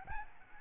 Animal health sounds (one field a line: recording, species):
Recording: mosquito wingbeat signal from an infrared sensor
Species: Aedes albopictus